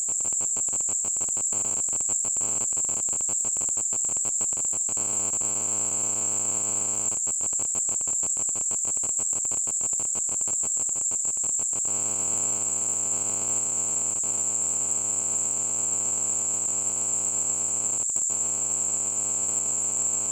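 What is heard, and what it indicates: A simulated tinnitus sound.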